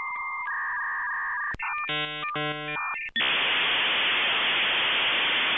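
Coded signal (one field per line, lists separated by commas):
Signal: dial-up modem handshake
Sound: steady tones and beeps, a brief warbling buzzy burst, then loud steady hiss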